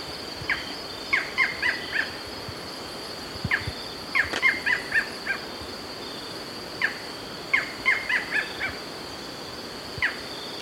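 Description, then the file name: Barred Forest Falcon calls: a single sharp note followed by a short series of yapping notes, the pattern repeating every few seconds. "Micrastur ruficollis - Barred Forest Falcon"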